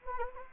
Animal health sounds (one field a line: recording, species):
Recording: mosquito wingbeat signal from an infrared sensor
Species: Anopheles gambiae